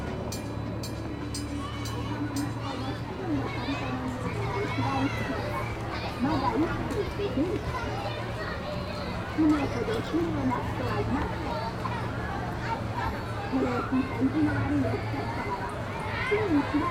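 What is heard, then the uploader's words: A busy amusement park crowd fills the scene with a dense, constant murmur of overlapping voices, some clearer than others. A low steady hum runs underneath through most of it, with a few brighter clicks and taps early on. Crowds in the Park. Carousel.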